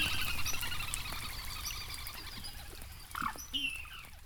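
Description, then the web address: Northern lapwing calls, a couple of short slurred notes late, over the steady patter of rain. Several lapwings recorded in the rain. "EXTREME SOUND 2. Lapwings (Vanellus Vanellus) and Rain"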